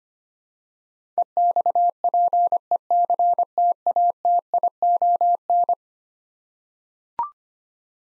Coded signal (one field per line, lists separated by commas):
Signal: Morse code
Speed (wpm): 25 wpm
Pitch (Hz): 700 Hz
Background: none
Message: EXPECTATION